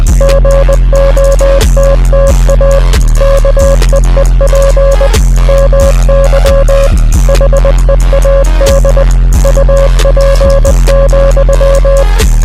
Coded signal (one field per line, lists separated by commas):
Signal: Morse code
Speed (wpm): 20 wpm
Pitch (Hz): 550 Hz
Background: music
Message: GOTTA KEEP MY HEAD UP,